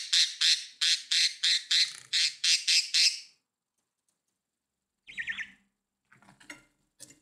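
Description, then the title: Budgerigar squawks, a rapid series of about ten harsh, noisy pulses over three seconds, then silence broken by a few brief chirps. "Budgie Sounds"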